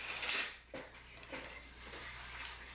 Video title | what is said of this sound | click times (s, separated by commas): FEEDBACK SPORTS Sprint Workstand Review | this one slides and locks into place so it's not going to move around | 0.0 s, 2.5 s